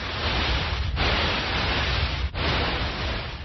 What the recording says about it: People with tinnitus hear a sound like this all the time. There are all kinds of things that cause tinnitus. Exposure to loud sounds, hearing loss, even stress. With it, you hear constant noise, usually a ringing or a buzz. But people can experience lots of different sounds. These simulations were created by the British Tinnitus Association.